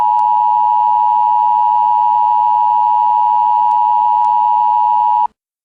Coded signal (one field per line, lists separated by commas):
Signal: Emergency Alert System (SAME) tones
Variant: 853 and 960 Hz attention tone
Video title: Tornado Warning/Emergency: Milwaukee, WI